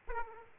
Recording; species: mosquito wingbeat signal from an infrared sensor; Aedes aegypti